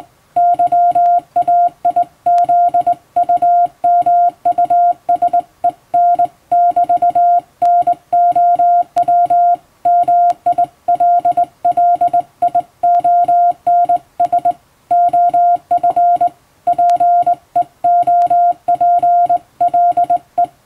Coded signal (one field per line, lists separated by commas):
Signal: Morse code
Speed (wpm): 20 wpm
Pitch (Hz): 700 Hz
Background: music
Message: YAIZUMUSEN<BT>NOW MILLIONS OF PEOPLE